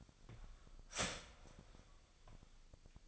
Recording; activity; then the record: daily activity, microphone in the room; start toaster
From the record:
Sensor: 5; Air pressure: 1002.1 hPa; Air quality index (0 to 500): 207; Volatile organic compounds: 20 ppm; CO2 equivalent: 2675 ppm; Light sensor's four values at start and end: 33/108/41/43 and 33/107/41/43